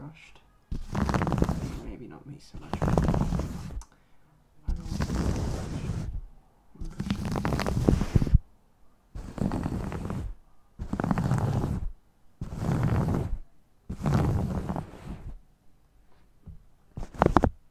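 Scalp and face massage sounds in regular rubbing bursts about every two seconds, dense rustling from low to bright, with brief quiet gaps between.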